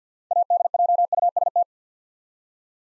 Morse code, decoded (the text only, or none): ADJUST